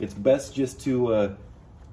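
During an oil leak repair on a 2.0T Audi Q5 TFSI AWD Quattro, following damage from a locked-up serpentine accessory belt, an engine component is handled as it is about to be pushed into its mounting on the engine. Someone talks throughout the clip. Nothing has seated or clicked yet.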